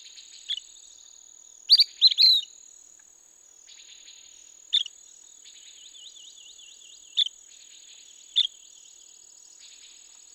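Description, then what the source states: La Sagra's flycatcher giving short, sharp, high calls scattered throughout, some doubled, over a steady high insect whine and a faint trilling insect. Recorded 17 May 2016.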